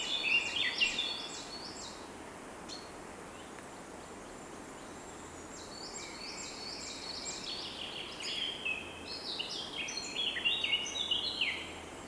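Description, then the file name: Bird song in warbling bursts of fast, varied chirps, a pause in the middle and then a longer tumbling run of notes, against constant background hiss. In the morning. "Deep Sleep Sleep Sound Library Body HI - Morning Bird Song"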